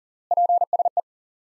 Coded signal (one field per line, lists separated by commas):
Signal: Morse code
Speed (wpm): 37 wpm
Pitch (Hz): 700 Hz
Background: none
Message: PSE